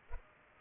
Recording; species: mosquito wingbeat signal from an infrared sensor; Culex pipiens